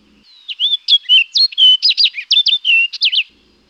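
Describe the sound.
Orchard oriole singing a quick, varied warble of short whistles and buzzy slurs for about three seconds, the notes tumbling up and down in pitch against silence.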